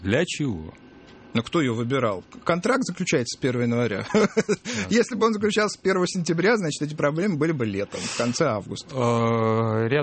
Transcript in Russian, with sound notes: Для чего?»
Ну, кто ее выбирал? Контракт заключается 1 января. (смеется) Если бы он заключался 1 сентября, значит, эти проблемы были бы летом, в конце августа.